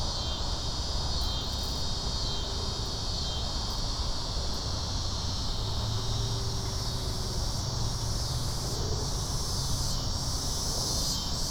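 Cicadas droning in a steady, unbroken high-pitched buzz that holds level throughout, over a constant low rumble with faint humming tones.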